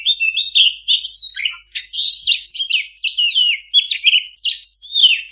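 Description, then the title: Oriental magpie-robin song packed with quick whistled slurs, upward and downward sweeps and scratchy notes, poured out with only brief gaps. Singing kacer, meant to train kacer that do not sing. "mster Mnuk. Suara Masteran Kacer Gacor. Kacer Bisu"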